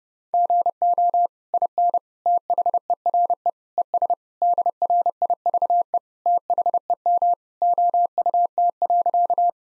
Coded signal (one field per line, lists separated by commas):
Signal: Morse code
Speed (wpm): 29 wpm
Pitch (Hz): 700 Hz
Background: none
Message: GO IN THERE ES DRIVE THEM OUT.